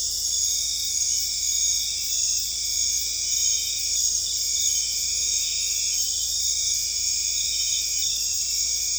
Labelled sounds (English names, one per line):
none